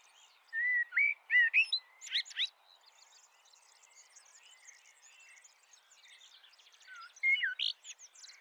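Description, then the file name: Eurasian blackbird song: a short run of fluted notes and a thin twitter, a quiet pause, then a final brief whistled phrase. "Turdus merula"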